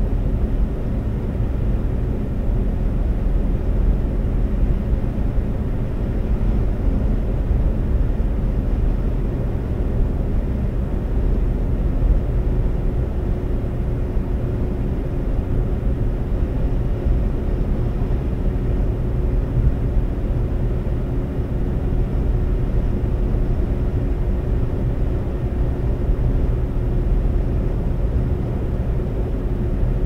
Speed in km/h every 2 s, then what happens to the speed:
132, 132, 132, 130, 130, 130, 130, 132, 132, 132, 132, 132, 132, 132, 132.
0-30 steady at about 132.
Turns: none.